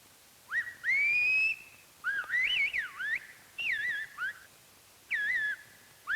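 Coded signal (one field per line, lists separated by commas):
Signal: whistled language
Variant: Silbo Gomero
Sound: loud human whistling, pitch gliding up and down in four or five speech-like phrases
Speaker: an extraordinary form of telephonic speech whistling which can be understood over a distance of 3 miles you mean they whistle in Spanish in a way the consonants and vow s are represented entirely by differences in Pitch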